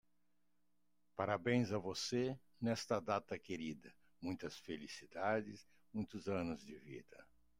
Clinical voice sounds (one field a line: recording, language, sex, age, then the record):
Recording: short text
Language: Brazilian Portuguese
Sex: male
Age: 70 to 79 years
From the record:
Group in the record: control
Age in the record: 72 years